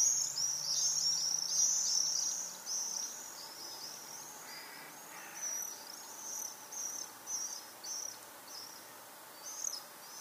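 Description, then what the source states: Swifts screaming in thin, high buzzy bursts, dense for the first few seconds, then fading to scattered short screeches over a steady background hiss. Several swifts.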